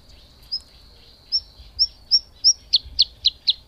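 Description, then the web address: Bluethroat song: well-spaced, high whistled notes that quicken into a rapid string of sharp, pinging notes. "agykontroll Madardalok Cd 3. Kékbegy"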